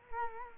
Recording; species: mosquito wingbeat signal from an infrared sensor; Culex quinquefasciatus